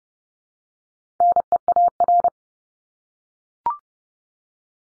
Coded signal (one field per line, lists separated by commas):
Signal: Morse code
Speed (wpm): 30 wpm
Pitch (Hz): 700 Hz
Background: none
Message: NEAR